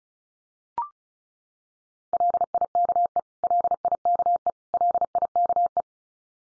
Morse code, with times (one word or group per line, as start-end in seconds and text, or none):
2.1-3.2 LIKE
3.4-4.5 LIKE
4.7-5.8 LIKE